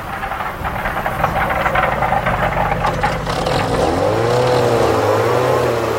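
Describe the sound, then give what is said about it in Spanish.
An old car's engine labors with a rough, knocking rumble as it heats up climbing steep mountain slopes, its pitch rising and sliding as it strains under load, loud and steady throughout with no voices. “A medida que el carro empieza a calentarse y resopla fatigosamente, su dueño se hace lenguas de la potencia del motor y de la rapidez y frescura con que asciende por aquellas cuestas.”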